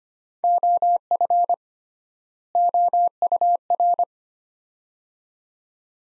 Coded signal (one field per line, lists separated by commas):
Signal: Morse code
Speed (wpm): 25 wpm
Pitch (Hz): 700 Hz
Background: none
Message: OF OUR